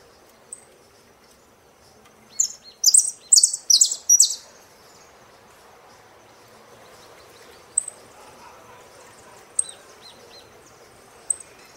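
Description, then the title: Saffron finch song: a short cluster of loud high chirps, then sparse thin high notes over quiet background hiss. "Jilguero Argentino"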